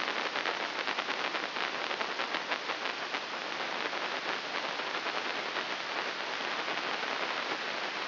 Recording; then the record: brain microelectrode recording played as sound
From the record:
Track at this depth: outside the subthalamic nucleus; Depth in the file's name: 0.101 mm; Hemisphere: left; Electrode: 3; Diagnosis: Parkinson's disease